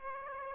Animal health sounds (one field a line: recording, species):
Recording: mosquito wingbeat signal from an infrared sensor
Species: Aedes aegypti